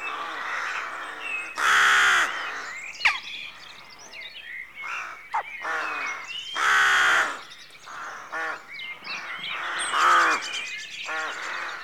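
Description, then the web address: Rook calls: loud, raucous drawn-out caws spaced several seconds apart, with quieter caws and clicks from other rooks and thin bird chirps between them. Rookery at dawn in a rural setting; outdoor atmosphere. "BBC Sound Effects Library. Rookery Dawn"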